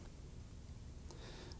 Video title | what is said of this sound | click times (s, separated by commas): Using the Accucutter Cornermate - | and slide it until we feel it snap into place | 1.1 s